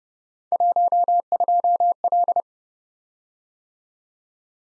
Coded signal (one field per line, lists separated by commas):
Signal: Morse code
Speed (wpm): 30 wpm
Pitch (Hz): 700 Hz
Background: none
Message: 12L